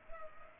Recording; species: mosquito wingbeat signal from an infrared sensor; Culex pipiens